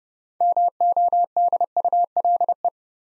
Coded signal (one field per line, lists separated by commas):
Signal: Morse code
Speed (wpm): 30 wpm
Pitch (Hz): 700 Hz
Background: none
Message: MODULE